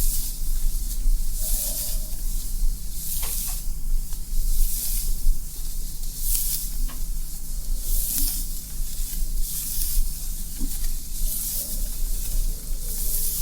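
Hair brushing and scalp play make soft, bright hissing strokes that repeat at a steady pace about once a second, over a low, constant hum.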